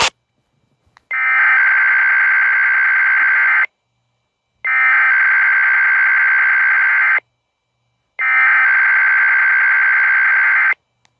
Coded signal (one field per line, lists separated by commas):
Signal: Emergency Alert System (SAME) tones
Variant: header bursts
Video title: FIRST TIME SCREEN RECORDING...(RWT EAS 60!!!)